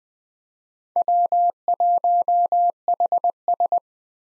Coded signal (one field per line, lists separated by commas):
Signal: Morse code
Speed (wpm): 21 wpm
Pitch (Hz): 700 Hz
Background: none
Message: W1HS